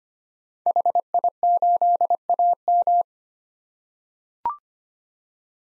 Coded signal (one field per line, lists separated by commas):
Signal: Morse code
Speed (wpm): 25 wpm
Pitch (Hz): 700 Hz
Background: none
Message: HI8AM